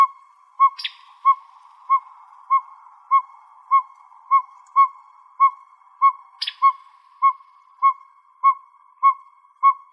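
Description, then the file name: Northern pygmy owl giving a steady series of hollow whistled toots, one about every 0.6 seconds, with two brief higher noisy bursts. Recorded in Arizona on 28 May 2006. "NOPO 4 B deviche"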